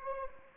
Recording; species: mosquito wingbeat signal from an infrared sensor; Anopheles arabiensis